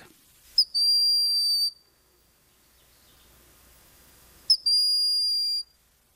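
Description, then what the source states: Broad-winged hawk, two thin, high, level whistles about four seconds apart, each with a short sharp onset and lasting about a second. Call described as non-imposing and very unhawk-like.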